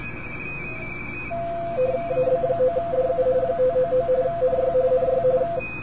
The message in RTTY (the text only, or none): AB9DU 599 NY NY